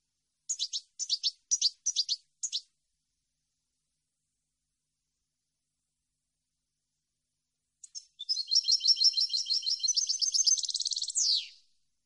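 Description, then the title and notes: European goldfinch song: a few quick high twittering notes, a long pause, then a fast liquid tinkling phrase ending in a buzzy downslurred note; no other sounds. Clean goldfinch song from a CD intended for song copying and training. "Cd Jilguero. Cd de canto de jilguero limpio para copia"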